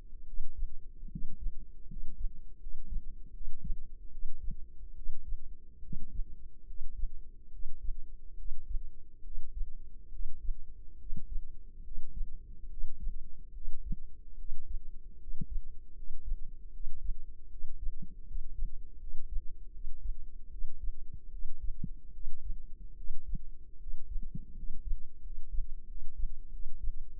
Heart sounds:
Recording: heart sounds by microphone in the left ear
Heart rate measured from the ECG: 76 bpm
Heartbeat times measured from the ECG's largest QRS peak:
0.23 s: heartbeat
1.07 s: heartbeat
1.85 s: heartbeat
2.57 s: heartbeat
3.30 s: heartbeat
4.08 s: heartbeat
4.92 s: heartbeat
5.79 s: heartbeat
6.64 s: heartbeat
7.49 s: heartbeat
8.35 s: heartbeat
9.21 s: heartbeat
10.09 s: heartbeat
10.96 s: heartbeat
11.81 s: heartbeat
12.67 s: heartbeat
13.51 s: heartbeat
14.35 s: heartbeat
15.16 s: heartbeat
15.92 s: heartbeat
16.70 s: heartbeat
17.47 s: heartbeat
18.23 s: heartbeat
18.97 s: heartbeat
19.70 s: heartbeat
20.48 s: heartbeat
21.29 s: heartbeat
22.10 s: heartbeat
22.94 s: heartbeat
23.76 s: heartbeat
24.52 s: heartbeat
25.20 s: heartbeat
25.85 s: heartbeat
26.49 s: heartbeat
27.13 s: heartbeat
From the record:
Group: healthy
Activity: rest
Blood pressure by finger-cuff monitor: 140/79 mmHg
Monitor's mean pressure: 93 mmHg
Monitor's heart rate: 73 bpm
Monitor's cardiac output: 5.4 L/min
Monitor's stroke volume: 74 mL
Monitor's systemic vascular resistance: 1240 dyn s/cm5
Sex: male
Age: 20 years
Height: 167 cm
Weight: 61 kg

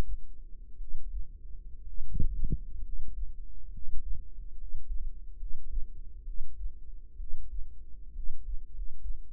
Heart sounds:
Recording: heart sounds by microphone in the right ear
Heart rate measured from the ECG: 68 bpm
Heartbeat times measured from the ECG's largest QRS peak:
0.75 s: heartbeat
1.81 s: heartbeat
2.79 s: heartbeat
3.67 s: heartbeat
4.53 s: heartbeat
5.34 s: heartbeat
6.22 s: heartbeat
7.15 s: heartbeat
8.11 s: heartbeat
8.68 s: heartbeat
From the record:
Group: healthy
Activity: rest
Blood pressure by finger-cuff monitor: 104/66 mmHg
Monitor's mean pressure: 77 mmHg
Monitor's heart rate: 63 bpm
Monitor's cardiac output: 5.1 L/min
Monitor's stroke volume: 82 mL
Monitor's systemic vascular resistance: 1100 dyn s/cm5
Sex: female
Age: 22 years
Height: 171 cm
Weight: 65.6 kg

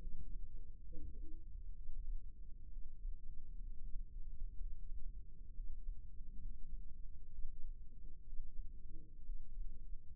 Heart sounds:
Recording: heart sounds by microphone in the left ear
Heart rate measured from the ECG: 64 bpm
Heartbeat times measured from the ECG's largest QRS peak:
0.84 s: heartbeat
1.75 s: heartbeat
2.73 s: heartbeat
3.63 s: heartbeat
4.59 s: heartbeat
5.56 s: heartbeat
6.41 s: heartbeat
7.31 s: heartbeat
8.25 s: heartbeat
9.25 s: heartbeat
10.15 s: heartbeat
From the record:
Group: healthy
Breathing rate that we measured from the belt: 19 breaths a minute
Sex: male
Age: 22 years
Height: 181 cm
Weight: 79 kg

